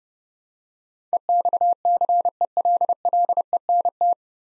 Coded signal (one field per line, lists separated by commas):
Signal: Morse code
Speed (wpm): 32 wpm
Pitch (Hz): 700 Hz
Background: none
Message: EXCELLENT